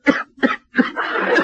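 Three short, sharp cough bursts come roughly 0.4 seconds apart, followed by a stretch of continuous background noise. These are acted voluntary coughs from an adult, given on request while a stethoscope is used to listen during a comedic heart examination, not a sign of illness.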